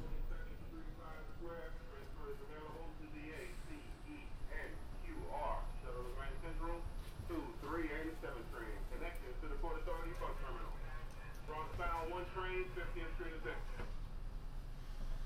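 A binaural field recording from Sunset Park to Harlem: people talk almost continuously over a steady low rumble, with a thin high whine around five seconds.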